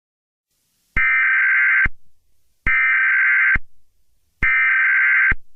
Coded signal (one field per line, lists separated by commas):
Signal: Emergency Alert System (SAME) tones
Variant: header bursts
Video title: EAS Scenario - Meltdown